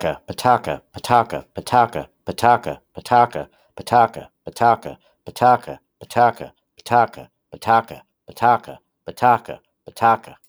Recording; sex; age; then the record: repeated syllables /pa ta ka/; male; 30 to 39 years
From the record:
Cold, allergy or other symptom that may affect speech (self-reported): no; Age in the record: 34 years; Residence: New Jersey, United States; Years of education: 12